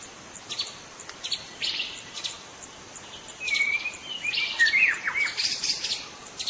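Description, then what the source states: White-rumped shama song: scattered high chirps at first, then clear whistled phrases in the second half, over constant background hiss. In forest.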